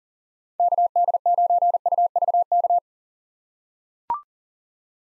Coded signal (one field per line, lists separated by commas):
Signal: Morse code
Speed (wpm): 38 wpm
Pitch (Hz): 700 Hz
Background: none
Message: KD9UVK